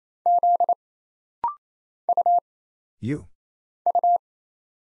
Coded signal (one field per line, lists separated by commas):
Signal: Morse code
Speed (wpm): 27 wpm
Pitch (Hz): 700 Hz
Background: none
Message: Z U U